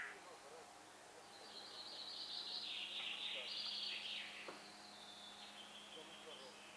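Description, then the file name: Common chaffinch delivering a fast, high, tumbling trill that falls in pitch toward the end, heard through considerable background hiss with a faint low hum. "Fringilla coelebs"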